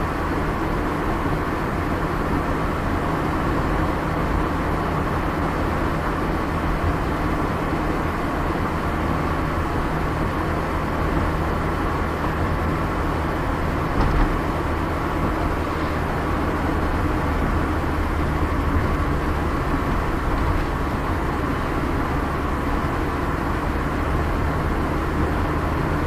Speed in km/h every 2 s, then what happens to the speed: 58, 59, 59, 60, 59, 59, 58, 59, 59, 58, 57, 54, 54.
0-26 steady at about 59.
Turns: none.